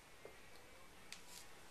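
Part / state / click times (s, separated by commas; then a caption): small part pushed into its seat on an RC buggy chassis / not seated / none. During an OFNA Ultra LX2e RC buggy build, a small plastic/metal part is pushed down into its seat on the chassis with a hex driver. Light handling ticks, including a brief sharp one near 1.1 s, sit over steady background hiss. Nothing has seated or clicked yet.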